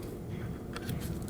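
The bottom wiring harness connector is being handled and lined up at the power window master switch of a 2020-2027 Toyota Corolla, giving a low rumbling handling noise with brief sharp ticks near 0.8, 0.9 and 1.3 seconds. The clip ends before the connector clicks in, so nothing has seated yet.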